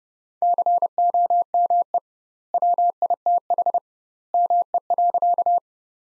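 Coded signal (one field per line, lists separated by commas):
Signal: Morse code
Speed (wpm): 30 wpm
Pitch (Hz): 700 Hz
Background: none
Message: COME WITH ME.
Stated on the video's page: Morse practice sentences from the top 200 words at 30 wpm with double word spacing, a Farnsworth-like method applied to words.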